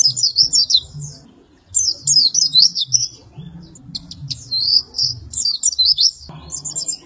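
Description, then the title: White-eye song: bursts of high, rapid twittering notes, a pause near one and a half seconds, then more quick chattering phrases over a faint low rumble. "Pleci"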